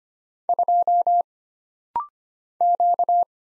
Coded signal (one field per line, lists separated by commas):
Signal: Morse code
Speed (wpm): 25 wpm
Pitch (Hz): 700 Hz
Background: none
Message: 2 Q